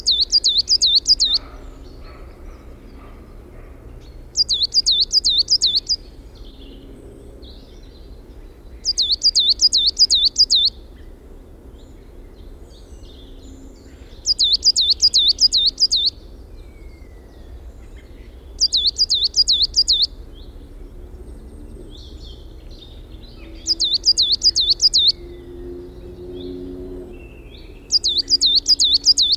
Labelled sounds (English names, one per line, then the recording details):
Coal Tit song
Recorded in the wild
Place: Glowe, Insel Rügen, Mecklenburg-Vorpommern, DE
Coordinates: 54.569, 13.471
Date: 1974-04-21
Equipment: Nagra III BH, Sennheiser MD 21, parabola
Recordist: Schubert, Michael
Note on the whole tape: Gesang Tannenmeise